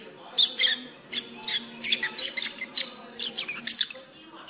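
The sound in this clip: Lovebird chattering calls, a near-continuous stream of shrill chirps and rough squawks over a low steady background hum.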